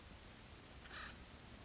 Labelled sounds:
Acorn Woodpecker (Melanerpes formicivorus)
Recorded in Sonoma County, California

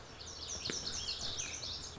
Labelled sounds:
Lazuli Bunting (Passerina amoena)
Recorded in Sonoma County, California

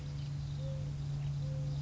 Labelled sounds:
Mourning Dove (Zenaida macroura)
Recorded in Sonoma County, California

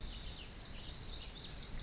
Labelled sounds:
Lazuli Bunting (Passerina amoena)
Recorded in Sonoma County, California

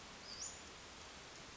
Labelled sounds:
Western Flycatcher (Empidonax difficilis)
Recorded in Sonoma County, California

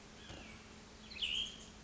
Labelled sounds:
Cassin's Vireo (Vireo cassinii)
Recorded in Sonoma County, California

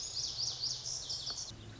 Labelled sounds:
Lazuli Bunting (Passerina amoena)
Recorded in Sonoma County, California

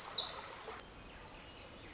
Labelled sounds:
Pacific Wren (Troglodytes pacificus)
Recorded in Sonoma County, California

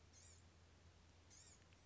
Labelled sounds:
Blue-gray Gnatcatcher (Polioptila caerulea)
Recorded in Sonoma County, California

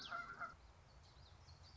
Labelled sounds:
Common Yellowthroat (Geothlypis trichas)
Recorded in Sonoma County, California

